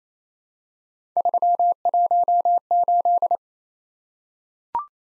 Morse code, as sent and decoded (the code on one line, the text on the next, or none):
...-- .---- ---..
318